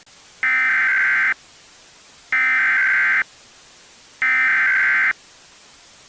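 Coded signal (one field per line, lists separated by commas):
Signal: Emergency Alert System (SAME) tones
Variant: header bursts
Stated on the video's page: Fictional weather disaster scenario with valid EAS tones.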